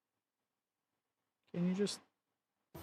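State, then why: Not seated. A plastic running gear part from a Das Werk Schwimmwagen scale model kit is pressed into its keyed location on the model chassis. After about 1.5 seconds of silence, someone talks briefly, then a short burst of sound starts again near 2.8 seconds. The part has not snapped into place and nothing has clicked yet.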